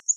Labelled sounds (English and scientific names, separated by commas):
Yellow-rumped Warbler (Setophaga coronata) flight call